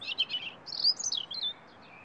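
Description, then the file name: European robin singing a quick high phrase of jumbled twittering notes and thin slurred whistles. "Erithacus rubecula"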